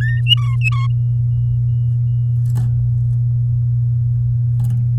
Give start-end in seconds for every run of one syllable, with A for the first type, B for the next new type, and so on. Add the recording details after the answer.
0.01-0.21 A, 0.26-0.87 B. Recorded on 7 May 2018 at 14:52. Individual llb16